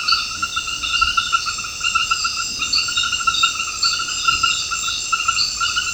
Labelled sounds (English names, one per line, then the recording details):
none
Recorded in secondary vegetation near Puerto Asís, Putumayo, Colombia, on 13 March 2025 at 22:00
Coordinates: 0.498, -76.327
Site G001